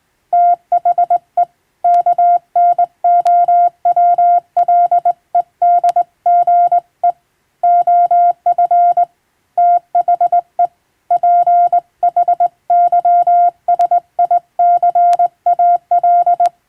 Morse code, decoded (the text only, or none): THE KNOWLEDGE OF THE PHYSICAL